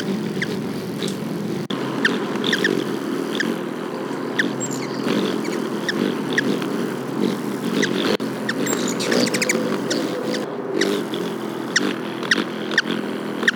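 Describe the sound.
Black-chinned Hummingbird calling with many thin, sharp chip notes above continuous low droning noise.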